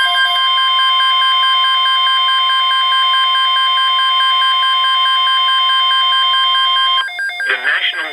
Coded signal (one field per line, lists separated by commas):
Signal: Emergency Alert System (SAME) tones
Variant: 1050 Hz attention tone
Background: speech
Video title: Severe Thunderstorm Watch #128 (EAS #150)